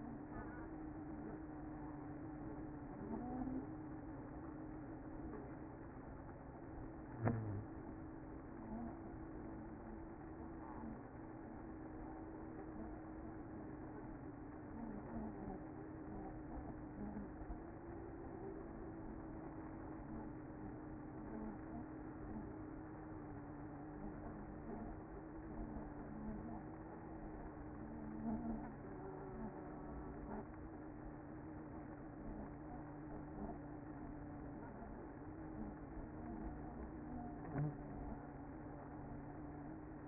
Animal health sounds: honeybee colony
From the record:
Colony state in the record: active

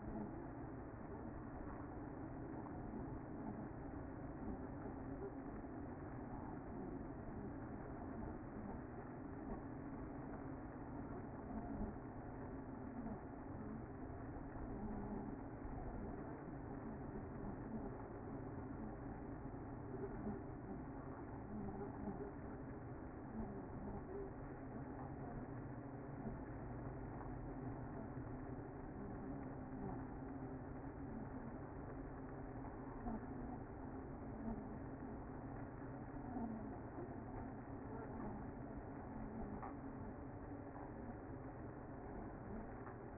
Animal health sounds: honeybee colony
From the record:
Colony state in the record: active

